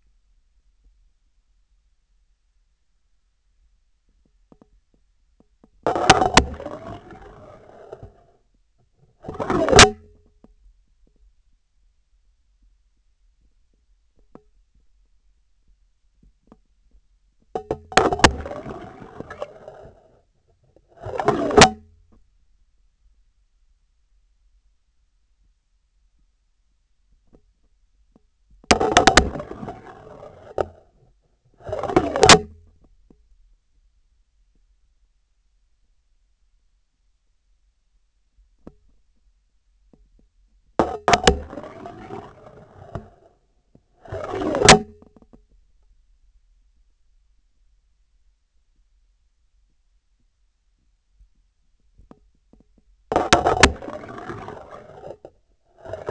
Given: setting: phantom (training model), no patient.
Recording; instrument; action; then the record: laparoscopic instrument, vibration sensor on the handle end; scissors; insertion and removal through the trocar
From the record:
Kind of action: spatial motion